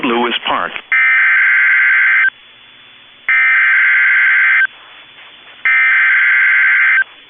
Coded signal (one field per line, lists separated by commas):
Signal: Emergency Alert System (SAME) tones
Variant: header bursts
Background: speech